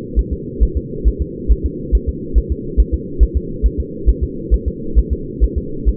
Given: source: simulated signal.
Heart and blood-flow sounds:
fetal heart sounds
0.19 s: S1
0.33 s: S2
0.63 s: S1
0.77 s: S2
1.08 s: S1
1.22 s: S2
1.52 s: S1
1.66 s: S2
1.95 s: S1
2.09 s: S2
2.38 s: S1
2.52 s: S2
2.80 s: S1
2.94 s: S2
3.23 s: S1
3.37 s: S2
3.66 s: S1
3.80 s: S2
4.09 s: S1
4.23 s: S2
4.54 s: S1
4.68 s: S2
4.99 s: S1
5.13 s: S2
5.44 s: S1
5.58 s: S2
5.89 s: S1
From the record:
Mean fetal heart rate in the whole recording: 135 bpm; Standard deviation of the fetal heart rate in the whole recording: 3 bpm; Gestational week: 34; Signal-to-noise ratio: -4.3 dB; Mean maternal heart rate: 72 bpm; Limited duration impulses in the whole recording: absent

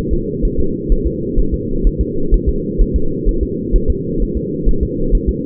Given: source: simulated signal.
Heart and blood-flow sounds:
fetal heart sounds
0.13 s: S2
0.45 s: S1
0.60 s: S2
0.92 s: S1
1.06 s: S2
1.39 s: S1
1.54 s: S2
1.87 s: S1
2.01 s: S2
2.34 s: S1
2.49 s: S2
2.81 s: S1
2.96 s: S2
3.29 s: S1
3.43 s: S2
3.76 s: S1
3.90 s: S2
4.22 s: S1
4.37 s: S2
4.69 s: S1
4.83 s: S2
5.15 s: S1
5.29 s: S2
From the record:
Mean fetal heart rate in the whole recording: 130 bpm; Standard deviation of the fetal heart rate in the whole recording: 2 bpm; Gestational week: 38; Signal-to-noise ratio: -8.1 dB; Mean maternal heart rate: 72 bpm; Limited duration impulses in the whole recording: absent

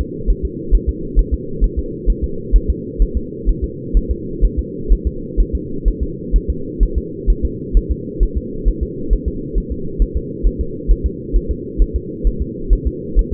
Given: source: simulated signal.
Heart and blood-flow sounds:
fetal heart sounds
0.01 s: S2
0.30 s: S1
0.45 s: S2
0.75 s: S1
0.89 s: S2
1.19 s: S1
1.34 s: S2
1.64 s: S1
1.79 s: S2
2.10 s: S1
2.24 s: S2
2.56 s: S1
2.70 s: S2
3.02 s: S1
3.17 s: S2
3.49 s: S1
3.64 s: S2
3.97 s: S1
4.11 s: S2
4.45 s: S1
4.59 s: S2
4.93 s: S1
5.07 s: S2
5.40 s: S1
5.55 s: S2
5.88 s: S1
6.03 s: S2
6.36 s: S1
6.50 s: S2
6.83 s: S1
6.98 s: S2
7.30 s: S1
7.45 s: S2
7.77 s: S1
7.91 s: S2
8.23 s: S1
8.38 s: S2
8.68 s: S1
8.83 s: S2
9.13 s: S1
9.28 s: S2
9.58 s: S1
9.72 s: S2
10.02 s: S1
10.17 s: S2
10.47 s: S1
10.61 s: S2
10.91 s: S1
11.06 s: S2
11.36 s: S1
11.51 s: S2
11.82 s: S1
11.96 s: S2
12.27 s: S1
12.42 s: S2
12.73 s: S1
12.87 s: S2
13.19 s: S1
13.33 s: S2
From the record:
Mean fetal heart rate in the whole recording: 130 bpm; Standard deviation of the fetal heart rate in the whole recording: 2 bpm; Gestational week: 36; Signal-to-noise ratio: -4.3 dB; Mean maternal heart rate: 72 bpm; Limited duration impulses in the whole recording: absent

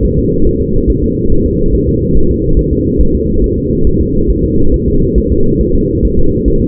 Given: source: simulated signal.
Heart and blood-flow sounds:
fetal heart sounds
0.05 s: S1
0.19 s: S2
0.47 s: S1
0.61 s: S2
0.90 s: S1
1.04 s: S2
1.32 s: S1
1.46 s: S2
1.74 s: S1
1.89 s: S2
2.17 s: S1
2.31 s: S2
2.59 s: S1
2.73 s: S2
3.01 s: S1
3.15 s: S2
3.44 s: S1
3.58 s: S2
3.87 s: S1
4.01 s: S2
4.30 s: S1
4.44 s: S2
4.74 s: S1
4.88 s: S2
5.18 s: S1
5.32 s: S2
5.61 s: S1
5.75 s: S2
6.05 s: S1
6.19 s: S2
6.48 s: S1
6.62 s: S2
From the record:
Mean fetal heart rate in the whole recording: 140 bpm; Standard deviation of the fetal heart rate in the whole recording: 2 bpm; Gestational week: 34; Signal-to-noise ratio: -17.7 dB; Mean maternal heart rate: 72 bpm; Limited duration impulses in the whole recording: present

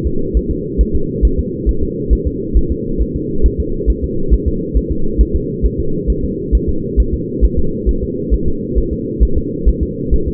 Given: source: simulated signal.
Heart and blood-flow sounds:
fetal heart sounds
0.07 s: S2
0.37 s: S1
0.51 s: S2
0.81 s: S1
0.96 s: S2
1.25 s: S1
1.39 s: S2
1.69 s: S1
1.83 s: S2
2.13 s: S1
2.27 s: S2
2.57 s: S1
2.72 s: S2
3.02 s: S1
3.16 s: S2
3.46 s: S1
3.60 s: S2
3.90 s: S1
4.04 s: S2
4.34 s: S1
4.48 s: S2
4.77 s: S1
4.92 s: S2
5.21 s: S1
5.36 s: S2
5.66 s: S1
5.80 s: S2
6.10 s: S1
6.25 s: S2
6.55 s: S1
6.69 s: S2
7.00 s: S1
7.14 s: S2
7.45 s: S1
7.59 s: S2
7.89 s: S1
8.03 s: S2
8.34 s: S1
8.48 s: S2
8.78 s: S1
8.93 s: S2
9.23 s: S1
9.38 s: S2
9.69 s: S1
9.83 s: S2
10.14 s: S1
10.28 s: S2
From the record:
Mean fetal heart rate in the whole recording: 135 bpm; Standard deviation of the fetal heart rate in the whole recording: 3 bpm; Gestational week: 34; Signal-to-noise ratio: -8.1 dB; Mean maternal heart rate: 72 bpm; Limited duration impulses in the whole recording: absent

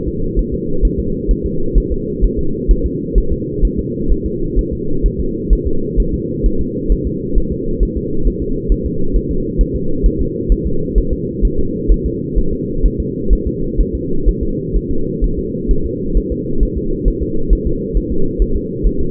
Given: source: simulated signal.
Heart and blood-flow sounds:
fetal heart sounds
0.08 s: S2
0.39 s: S1
0.54 s: S2
0.85 s: S1
0.99 s: S2
1.31 s: S1
1.46 s: S2
1.78 s: S1
1.92 s: S2
2.24 s: S1
2.39 s: S2
2.71 s: S1
2.86 s: S2
3.18 s: S1
3.32 s: S2
3.65 s: S1
3.79 s: S2
4.12 s: S1
4.26 s: S2
4.59 s: S1
4.73 s: S2
5.06 s: S1
5.20 s: S2
5.53 s: S1
5.67 s: S2
6.00 s: S1
6.14 s: S2
6.46 s: S1
6.61 s: S2
6.92 s: S1
7.07 s: S2
7.38 s: S1
7.52 s: S2
7.83 s: S1
7.97 s: S2
8.27 s: S1
8.42 s: S2
8.72 s: S1
8.86 s: S2
9.16 s: S1
9.31 s: S2
9.61 s: S1
9.76 s: S2
10.06 s: S1
10.21 s: S2
10.52 s: S1
10.66 s: S2
10.98 s: S1
11.13 s: S2
11.45 s: S1
11.59 s: S2
11.92 s: S1
12.06 s: S2
12.38 s: S1
12.53 s: S2
12.85 s: S1
13.00 s: S2
13.33 s: S1
13.47 s: S2
13.81 s: S1
13.95 s: S2
14.28 s: S1
14.43 s: S2
14.76 s: S1
14.91 s: S2
15.24 s: S1
15.39 s: S2
15.71 s: S1
15.86 s: S2
16.17 s: S1
16.32 s: S2
16.63 s: S1
16.77 s: S2
17.08 s: S1
17.22 s: S2
17.53 s: S1
17.67 s: S2
17.97 s: S1
18.12 s: S2
18.42 s: S1
18.56 s: S2
18.87 s: S1
19.01 s: S2
From the record:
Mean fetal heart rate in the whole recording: 130 bpm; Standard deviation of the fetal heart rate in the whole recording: 2 bpm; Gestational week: 36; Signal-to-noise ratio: -8.1 dB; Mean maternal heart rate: 72 bpm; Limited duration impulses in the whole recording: absent

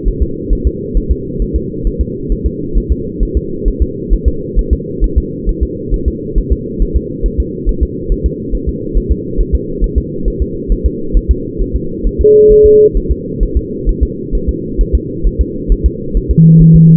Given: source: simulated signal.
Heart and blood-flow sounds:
fetal heart sounds
0.08 s: S1
0.22 s: S2
0.53 s: S1
0.67 s: S2
0.97 s: S1
1.11 s: S2
1.42 s: S1
1.56 s: S2
1.87 s: S1
2.01 s: S2
2.32 s: S1
2.46 s: S2
2.78 s: S1
2.92 s: S2
3.23 s: S1
3.37 s: S2
3.68 s: S1
3.82 s: S2
4.13 s: S1
4.28 s: S2
4.59 s: S1
4.73 s: S2
5.04 s: S1
5.18 s: S2
5.49 s: S1
5.63 s: S2
5.94 s: S1
6.08 s: S2
6.38 s: S1
6.52 s: S2
6.82 s: S1
6.96 s: S2
7.26 s: S1
7.40 s: S2
7.69 s: S1
7.83 s: S2
8.12 s: S1
8.26 s: S2
8.55 s: S1
8.69 s: S2
8.97 s: S1
9.12 s: S2
9.41 s: S1
9.55 s: S2
9.84 s: S1
9.98 s: S2
10.28 s: S1
10.42 s: S2
10.72 s: S1
10.86 s: S2
11.17 s: S1
11.31 s: S2
11.62 s: S1
11.76 s: S2
12.07 s: S1
12.21 s: S2
12.52 s: S1
12.66 s: S2
12.97 s: S1
13.11 s: S2
13.43 s: S1
13.57 s: S2
13.89 s: S1
14.03 s: S2
14.35 s: S1
14.49 s: S2
14.81 s: S1
14.95 s: S2
15.27 s: S1
15.41 s: S2
15.72 s: S1
15.86 s: S2
16.17 s: S1
16.31 s: S2
16.62 s: S1
16.76 s: S2
From the record:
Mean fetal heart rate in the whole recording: 135 bpm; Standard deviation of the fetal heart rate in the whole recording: 3 bpm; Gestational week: 36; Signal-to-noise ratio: -6.6 dB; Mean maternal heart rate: 72 bpm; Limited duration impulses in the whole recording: present

